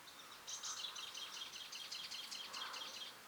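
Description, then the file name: European robin giving a soft, rapid twittering warble of high thin notes lasting about three seconds, with faint background hiss. "Erithacus rubecula"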